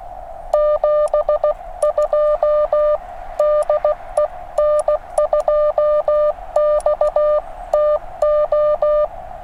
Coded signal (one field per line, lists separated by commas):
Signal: Morse code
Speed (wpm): 16 wpm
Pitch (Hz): 600 Hz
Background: music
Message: 72 DE N2XTO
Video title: Extreme Weather Radio! 5°F POTA Activation